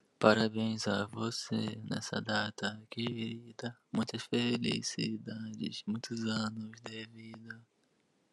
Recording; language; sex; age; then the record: short text; Brazilian Portuguese; male; 20 to 29 years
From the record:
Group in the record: control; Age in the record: 21 years